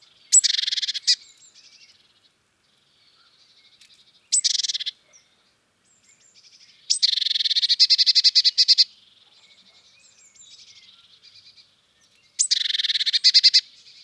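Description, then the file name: Eurasian blue tit repeating churrs, each a fast run of buzzy, rattling notes, with quiet thin calls between the bursts. "Cyanistes caeruleus"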